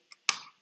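A ribbon/board connector is guided into its socket with its two little latch tabs open, and both tabs click shut. There is a faint click at 0.1 s, followed by a much louder, sharper snap at 0.3 s that rings out briefly, since the second tab needed more force. The connector is seated.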